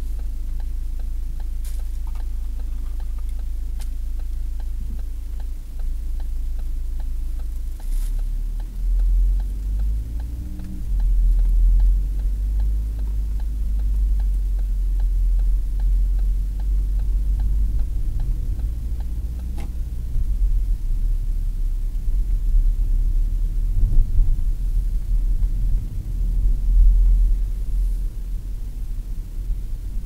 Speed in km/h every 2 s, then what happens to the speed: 1, 0, 0, 2, 4, 14, 20, 20, 19, 26, 25, 24, 28, 31, 27.
0-6 standing. 6-11 pulls away to 20. 11-16 steady at about 20. 16-18 speeds up to 26. 18-23 steady at about 25. 23-25 speeds up to 31.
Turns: none.